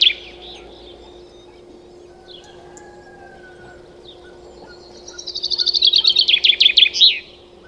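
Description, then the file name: Common chaffinch song: after a few faint notes, a loud series of descending notes ending in a brief flourish, over a steady low hum. "Fringilla coelebs"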